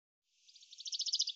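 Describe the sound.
Bird: a fast run of high, clipped notes that grows louder and steadier over about one second.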